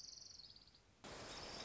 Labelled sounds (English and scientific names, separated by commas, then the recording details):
Orange-crowned Warbler (Leiothlypis celata)
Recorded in Sonoma County, California